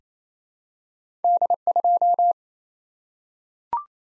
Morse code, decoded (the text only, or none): D2